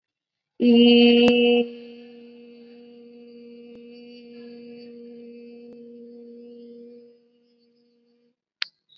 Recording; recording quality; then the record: sustained vowel as in beet; excellent, no background noise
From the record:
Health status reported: COVID-19 positive, mild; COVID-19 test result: positive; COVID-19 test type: RT-PCR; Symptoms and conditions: cough, fever, fatigue, muscle pain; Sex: female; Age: 19 years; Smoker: no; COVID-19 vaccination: both doses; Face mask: worn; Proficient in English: yes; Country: India